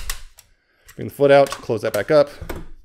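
A plastic foot panel on a Transformers War for Cybertron: Earthrise Scorponok figure is handled and swung closed back toward the leg peg, with sharp handling clicks at 0.1 s and 0.4 s. Someone talks through the rest of the clip. Nothing has seated or locked into place yet.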